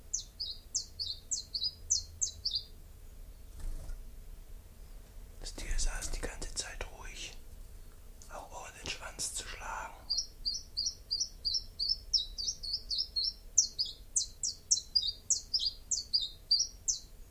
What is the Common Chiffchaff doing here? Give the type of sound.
song